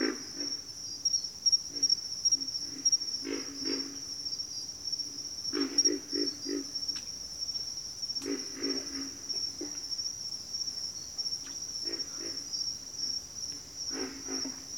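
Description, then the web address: Pig frog grunts come in short runs of rough low notes, separated by short gaps, with a steady cricket-like trill throughout. "Sounds of Nature Collection. Pig Frogs"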